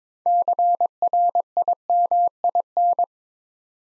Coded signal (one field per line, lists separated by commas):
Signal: Morse code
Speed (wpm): 22 wpm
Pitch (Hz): 700 Hz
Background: none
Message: CRIMIN